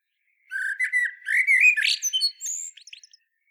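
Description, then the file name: Common blackbird song phrase: rich fluty warbling notes rising into a high squeaky flourish, ending in soft twitters. "Turdus merula"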